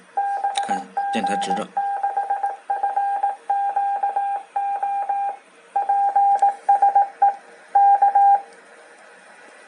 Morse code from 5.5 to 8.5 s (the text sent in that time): PSE K